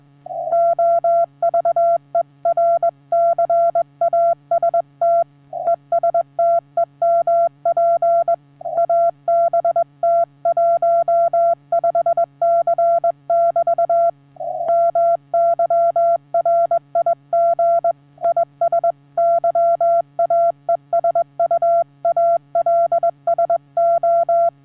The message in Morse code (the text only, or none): OVERCAST ES TEMP ABT 15C <BT> MY RIG IS YAESU ALSO